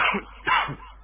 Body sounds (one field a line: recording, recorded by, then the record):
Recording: voluntary cough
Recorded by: telephone call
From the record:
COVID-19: positive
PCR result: checked with the laboratory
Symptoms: yes